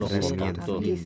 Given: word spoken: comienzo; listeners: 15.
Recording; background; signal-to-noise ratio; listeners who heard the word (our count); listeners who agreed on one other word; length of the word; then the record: one Spanish word in noise, from a listening test; four-talker babble; -1.4 dB; 0 of 15; 7 of 15; 0.65 s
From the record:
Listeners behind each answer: 7, 1, 1, 1, 1, 1, 1, 1, 1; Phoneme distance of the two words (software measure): 64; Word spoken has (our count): 3 syllables, 8 phonemes, stress on syllable 2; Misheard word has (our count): 2 syllables, 6 phonemes, stress on syllable 1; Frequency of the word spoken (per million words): 56.87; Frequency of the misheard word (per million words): 14.26